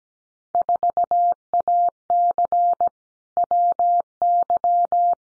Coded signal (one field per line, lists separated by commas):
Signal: Morse code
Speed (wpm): 17 wpm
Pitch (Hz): 700 Hz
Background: none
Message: 4AC WY